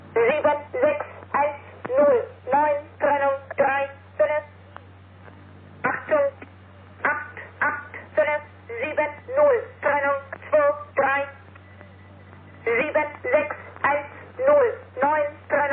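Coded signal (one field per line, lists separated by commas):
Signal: numbers station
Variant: G03, German voice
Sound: a voice reading numbers in German as evenly spaced single words, with pauses between groups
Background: radio hum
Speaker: G03 number transmitter Recorded in 1989 by Peter H. Danger! 88570 - Separation! 23 76109 - Separation! 35 88570 = agent number 23 = number of number groups transmitted later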